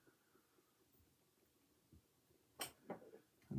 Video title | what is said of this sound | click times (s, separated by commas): Deuslair - Stone Ward Dungeons and Lasers Build Part 1 | just really lock it in | 2.6 s